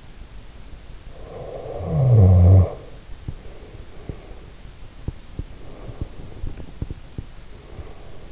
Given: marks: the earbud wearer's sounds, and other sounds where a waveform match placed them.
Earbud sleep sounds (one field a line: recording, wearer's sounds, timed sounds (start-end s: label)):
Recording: sounds in sleep by an in-ear microphone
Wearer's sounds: snoring breath, teeth grinding, breath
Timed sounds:
1.07-4.55 s: snoring breath
3.09-7.30 s: teeth grinding
5.50-8.32 s: breath